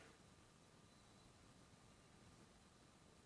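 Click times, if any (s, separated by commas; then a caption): none. A screw is turned backwards in the threaded hole of a plastic housing, so it can drop into the existing thread. Only a steady, faint hiss is heard, with no distinct click. The clip ends before the screw goes home, and nothing has seated or clicked yet.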